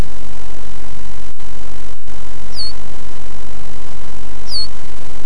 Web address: timbillo bird songs of WA calls Teer call New York